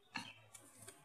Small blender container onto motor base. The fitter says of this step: masukkan dan kita putar Sampai bunyi klik berarti